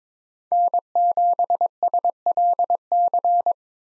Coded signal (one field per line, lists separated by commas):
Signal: Morse code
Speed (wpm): 21 wpm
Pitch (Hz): 700 Hz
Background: none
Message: N7SLC